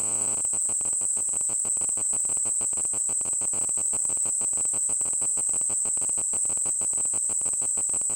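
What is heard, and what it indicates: A steady, piercing high-pitched ringing tone runs unchanged for about eight seconds over a faint, rapidly pulsing buzz. It is a simulation of tinnitus, the ringing or buzzing a person hears without any outside sound source.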